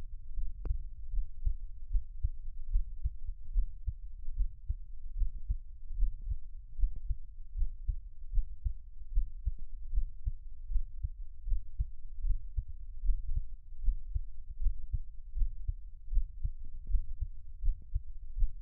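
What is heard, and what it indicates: Soft, deep thumps repeat steadily at about 77 beats a minute over a low, muffled rumble, with no talking. An adult's own heartbeat heard close up for Taiwanese ASMR listening, steady in rate throughout.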